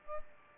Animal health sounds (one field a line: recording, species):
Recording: mosquito wingbeat signal from an infrared sensor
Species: Aedes albopictus